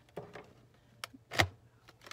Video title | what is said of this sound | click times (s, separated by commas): Setting up your Resmed Airsense 10 CPAP | you heard it click and then yep | 1.4 s